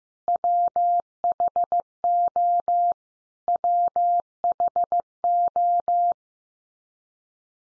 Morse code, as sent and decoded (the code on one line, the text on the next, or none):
.-- .... --- / .-- .... ---
WHO WHO